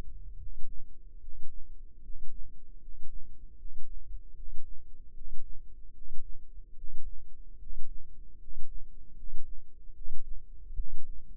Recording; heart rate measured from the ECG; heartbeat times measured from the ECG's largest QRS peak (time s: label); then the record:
heart sounds by microphone in the left ear; 75 bpm
0.36 s: heartbeat
1.19 s: heartbeat
2.00 s: heartbeat
2.78 s: heartbeat
3.55 s: heartbeat
4.33 s: heartbeat
5.12 s: heartbeat
5.91 s: heartbeat
6.74 s: heartbeat
7.57 s: heartbeat
8.37 s: heartbeat
9.14 s: heartbeat
9.92 s: heartbeat
10.74 s: heartbeat
From the record:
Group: healthy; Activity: rest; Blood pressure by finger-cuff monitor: 113/73 mmHg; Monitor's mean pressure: 84 mmHg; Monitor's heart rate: 74 bpm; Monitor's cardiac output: 6.9 L/min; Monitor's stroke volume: 93 mL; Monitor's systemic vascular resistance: 890 dyn s/cm5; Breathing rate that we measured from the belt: 22 breaths a minute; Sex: male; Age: 35 years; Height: 180 cm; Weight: 86.9 kg